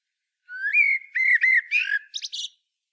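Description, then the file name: Common blackbird song phrase: a rising fluty whistle, then a few slurred notes ending in a high squeaky twitter, quiet background. "Turdus merula"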